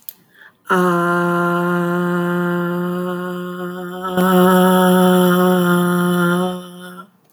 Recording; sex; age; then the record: vowel held as long as possible; female; 50 to 59 years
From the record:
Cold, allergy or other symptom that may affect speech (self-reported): no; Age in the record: 52 years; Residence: Texas, United States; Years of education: 14